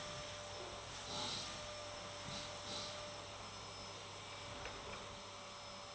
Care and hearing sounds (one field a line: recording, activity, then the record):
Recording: daily activity, microphone in the room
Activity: vacuum cleaning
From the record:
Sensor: 3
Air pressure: 1000.1 hPa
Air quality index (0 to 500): 136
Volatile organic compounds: 2 ppm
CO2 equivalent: 1210 ppm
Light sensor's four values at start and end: 40/103/43/48 and 40/103/43/48